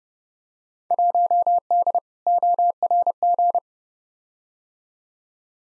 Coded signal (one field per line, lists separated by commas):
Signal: Morse code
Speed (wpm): 29 wpm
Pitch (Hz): 700 Hz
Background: none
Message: 1D ORG